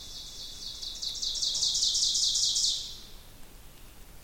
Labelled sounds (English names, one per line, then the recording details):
Ovenbird song
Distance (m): 20 m
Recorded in boreal forest in Alberta, Canada, on 2 June 2016 at 08:18
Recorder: SongMeter 3, array SBT-3-7
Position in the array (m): 194 m, 1 m
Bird 6